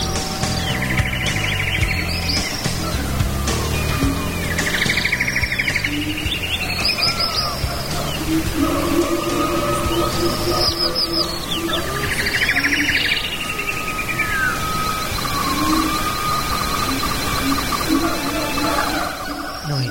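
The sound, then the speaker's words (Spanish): Jungle ambience: birds repeat sweeping, arching high calls and chirps every couple of seconds over a steady, loud rushing wash like a waterfall, with no talking. “Que estamos en la selva ahí, mira, con los pajaritos. Es una catarata de fondo.”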